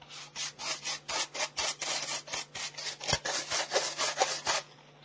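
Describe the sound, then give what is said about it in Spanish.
A broom sweeps across the floor of a house in quick, steady strokes, each one a dry, bristly swish, about eighteen in a row before they stop, over a faint low hum. “Piojito empezó a barrer la casa.”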